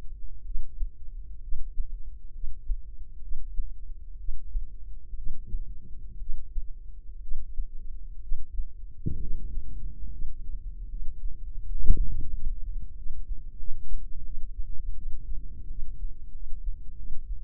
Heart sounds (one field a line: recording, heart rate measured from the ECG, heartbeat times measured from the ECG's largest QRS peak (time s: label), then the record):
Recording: heart sounds by microphone in the left ear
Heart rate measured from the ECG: 73 bpm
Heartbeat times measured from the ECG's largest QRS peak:
0.42 s: heartbeat
1.40 s: heartbeat
2.31 s: heartbeat
3.19 s: heartbeat
4.16 s: heartbeat
5.14 s: heartbeat
6.17 s: heartbeat
7.19 s: heartbeat
8.19 s: heartbeat
9.17 s: heartbeat
10.09 s: heartbeat
10.87 s: heartbeat
11.62 s: heartbeat
12.30 s: heartbeat
12.93 s: heartbeat
13.56 s: heartbeat
14.22 s: heartbeat
14.94 s: heartbeat
15.67 s: heartbeat
16.31 s: heartbeat
16.95 s: heartbeat
From the record:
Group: healthy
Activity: breath hold 0-8 s, rest 8-17 s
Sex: female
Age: 22 years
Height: 157 cm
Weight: 47.6 kg